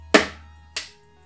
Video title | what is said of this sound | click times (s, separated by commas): A Full Size ATX Gaming PC Anyone Can 3D Print | all right so that's the first connector in | 0.8 s